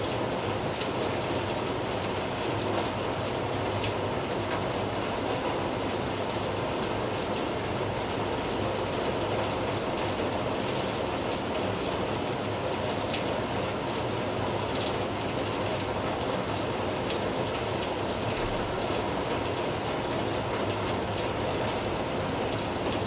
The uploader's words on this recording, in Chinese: 下雨的我家陽台。東北季風降雨。